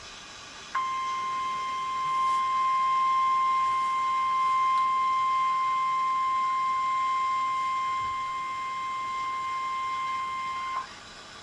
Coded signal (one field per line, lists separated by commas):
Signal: Emergency Alert System (SAME) tones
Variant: 1050 Hz attention tone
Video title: EAS #8 Severe Thunderstorm Warning (NWS - Nashville, TN)